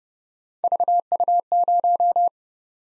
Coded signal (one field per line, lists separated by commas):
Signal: Morse code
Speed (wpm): 30 wpm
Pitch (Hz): 700 Hz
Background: none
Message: VU0